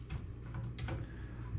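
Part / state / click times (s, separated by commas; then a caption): angle adjustment thumb screw detent on a blade sharpening jig / seated / 0.1 s, 0.6 s, 0.8 s, 0.9 s. The small thumb screw on a metal mower blade sharpening jig is twisted to step through its angle settings of 15, 20, 25 and 30 degrees. Short clicks are heard at 0.1, 0.6, 0.8 and 0.9 seconds as each angle position seats into its detent. It is set at 30 degrees for commercial blades and tightened.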